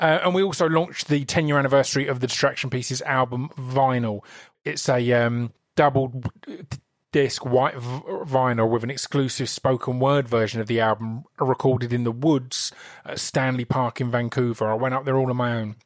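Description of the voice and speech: An adult man speaks in a mostly fluent, conversational monologue with filled pauses ('uh', 'um'). He has a held silent block on 'double d… disc' and a prolonged, repeated 'v' before 'vinyl'. These are brief stuttering disfluencies in otherwise smooth speech; the speaker has a stutter.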